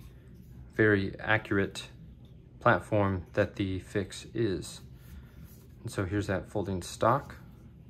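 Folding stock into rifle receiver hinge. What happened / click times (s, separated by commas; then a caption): Handled, not yet home: no latch click, the part has not seated / none. Someone talks while handling the folding stock of a Q Fix rifle at its hinge on the receiver. Speech fills the clip with only faint background noise. Nothing has seated or clicked yet; the stock has not locked into place.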